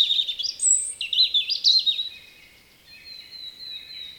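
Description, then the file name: European robin song: a quick jumble of high, warbling, fluctuating notes, fading into long, thin, drawn-out whistles, with faint background noise. Spring; a common Estonian bird. "punarind"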